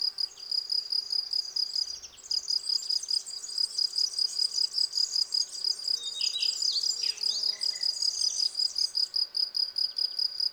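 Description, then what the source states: Field cricket stridulation, rapid regular high chirps, with birds calling and a couple of brief low thumps. Field crickets singing in a garden lawn at Val Maravel on 18 April 2020, three days into their singing, with fresh new wings giving clear stridulation; recorded on Nagra Seven with cardioid MKH40 microphone.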